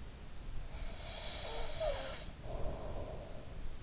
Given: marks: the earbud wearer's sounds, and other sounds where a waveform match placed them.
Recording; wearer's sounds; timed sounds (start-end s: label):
sounds in sleep by an in-ear microphone; breath
1.00-3.80 s: breath